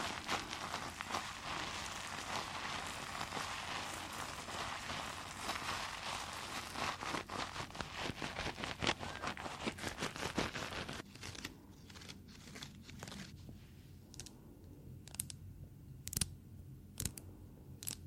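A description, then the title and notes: Dense crinkling and scratching fill the first eleven seconds, a busy crackling texture with rapid sharp snaps. After that it thins into sparse, separate taps and clicks, several bright ones standing out near the end over a low steady hum. NO TALKING, Squeezing, Crinkles, Tapping, Scratching.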